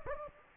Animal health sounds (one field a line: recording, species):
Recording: mosquito wingbeat signal from an infrared sensor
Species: Anopheles gambiae